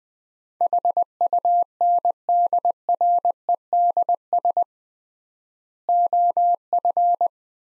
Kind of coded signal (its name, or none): Morse code